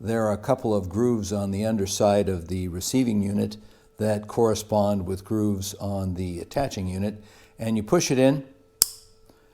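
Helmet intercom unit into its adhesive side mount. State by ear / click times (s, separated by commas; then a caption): seated / 8.8 s. Someone talks while the grooved attaching unit of a uClear Motion 6 helmet intercom is pushed into its plastic receiving mount, which is stuck with adhesive to the side of a Shoei X15 helmet. After the talking stops, a single sharp, audible click at 8.8 s shows the unit has seated and is installed.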